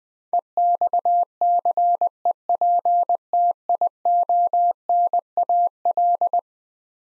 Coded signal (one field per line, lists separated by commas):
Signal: Morse code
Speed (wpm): 20 wpm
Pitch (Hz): 700 Hz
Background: none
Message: EXCEPTIONAL